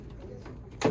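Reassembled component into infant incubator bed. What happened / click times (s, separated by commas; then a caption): The part is being handled but has not yet clicked into place / none. A component of a Giraffe Omnibed infant incubator/warmer bed is handled during reassembly after cleaning, with a low steady hum underneath. A short, louder broadband rustle of handling rises near 0.8 s at the very end. Nothing has seated or clicked yet.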